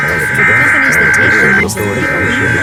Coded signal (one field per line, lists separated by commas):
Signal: Emergency Alert System (SAME) tones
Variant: header bursts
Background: speech